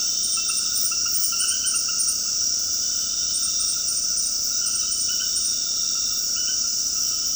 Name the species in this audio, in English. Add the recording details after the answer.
none. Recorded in dense forest near Puerto Asís, Putumayo, Colombia, on 21 February 2024 at 22:00. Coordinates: 0.481, -76.318. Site G6421